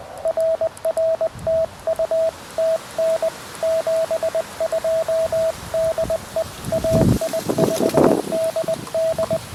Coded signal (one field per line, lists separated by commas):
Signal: Morse code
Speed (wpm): 20 wpm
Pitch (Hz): 650 Hz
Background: radio noise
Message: RR TU TN 72 DE AI5DD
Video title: Windy Park Activation, Field Coffee and DX with the repaired QMX